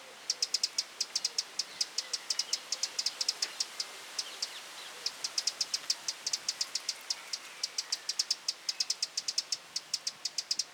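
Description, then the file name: Eurasian wren producing rapid dry ticks in long runs, briefly thinning near the middle, then resuming at a quick, even pace. "Troglodytes troglodytes"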